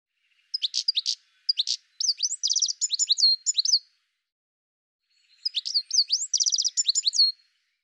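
Bird singing quick runs of high, sharp chirps and slurred notes in two long phrases separated by a short pause, with no other sounds audible.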